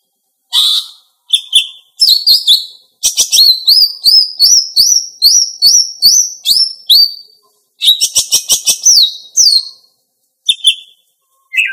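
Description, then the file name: Greater green leafbird song in bright phrases: strings of quickly repeated rising whistles mixed with rich chattering, separated by brief silences. Female. "cucak ijo betina"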